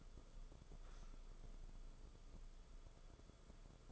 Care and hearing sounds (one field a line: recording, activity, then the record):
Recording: daily activity, microphone in the room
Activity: sit down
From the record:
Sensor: 5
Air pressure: 994.5 hPa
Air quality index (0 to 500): 183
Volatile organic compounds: 1000 ppm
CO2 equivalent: 5362 ppm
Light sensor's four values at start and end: 21/52/22/25 and 24/59/25/29